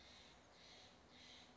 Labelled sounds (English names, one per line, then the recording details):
Steller's Jay
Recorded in Sonoma County, California